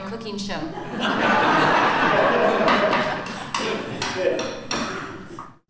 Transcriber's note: laughter